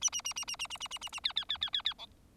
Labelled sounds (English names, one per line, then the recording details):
Bengalese Finch song
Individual Bird4